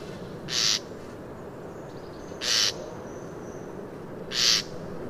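Common nightingale calls: three brief rasping notes about two seconds apart, over a constant low rumble.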